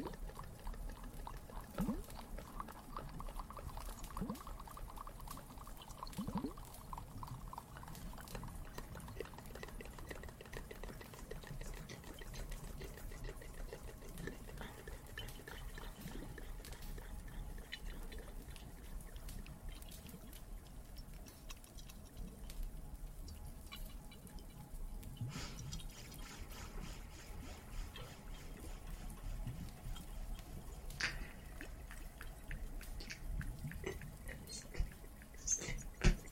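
Water trickles and fire crackles steadily, with a constant low rumble, frequent small pops and clicks, and a few sharper snaps near the end.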